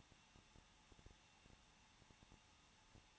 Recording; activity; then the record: daily activity, microphone in the room; no activity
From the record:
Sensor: 1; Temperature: 20.1 degrees Celsius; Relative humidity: 39.2%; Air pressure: 1006.3 hPa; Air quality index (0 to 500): 218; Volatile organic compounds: 79 ppm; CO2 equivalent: 3595 ppm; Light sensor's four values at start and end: 1/2/1/1 and 1/2/1/1